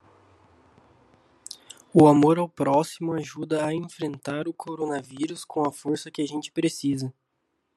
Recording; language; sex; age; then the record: spoken sentence; Brazilian Portuguese; male; 20 to 29 years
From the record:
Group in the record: control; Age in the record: 22 years